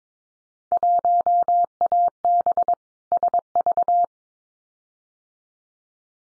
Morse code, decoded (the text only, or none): 1AB SV